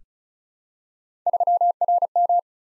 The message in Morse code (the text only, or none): 3RM